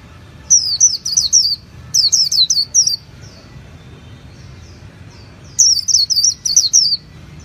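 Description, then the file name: White-eye twittering in three short bursts of bright, high downslurred notes, with quiet background noise between phrases. Song style called 'líu' in Vietnamese. "tieng khuyen liu"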